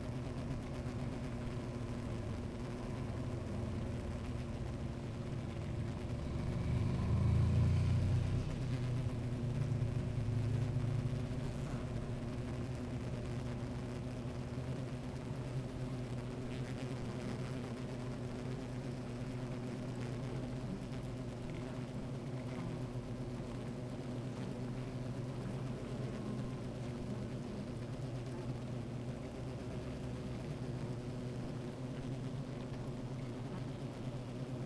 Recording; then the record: honeybee colony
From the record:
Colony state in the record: active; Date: 28 July 2017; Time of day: 13:08